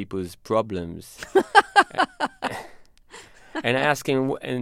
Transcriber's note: laughter